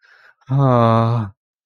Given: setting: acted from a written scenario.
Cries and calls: vocal sound without words; romantic love

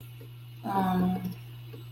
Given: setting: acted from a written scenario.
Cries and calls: vocal sound without words; guilt

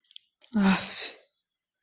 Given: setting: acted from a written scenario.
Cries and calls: vocal sound without words; contempt

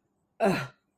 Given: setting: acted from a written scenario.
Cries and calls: vocal sound without words; contempt

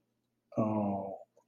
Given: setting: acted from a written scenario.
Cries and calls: vocal sound without words; sadness

